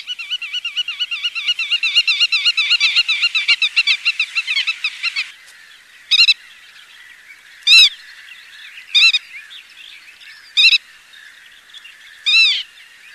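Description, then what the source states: Black-tailed godwit song: a fast run of nasal, bouncing notes for about five seconds, then five short separate calls spaced a second or two apart. Recording filtered.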